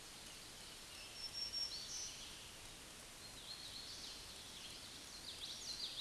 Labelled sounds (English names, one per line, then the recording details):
Black-throated Green Warbler song
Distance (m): 65 m
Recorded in a Pennsylvania forest on 20 May 2023 at 06:23
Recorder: AudioMoth, point grid1_33_low
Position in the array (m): 113 m, 157 m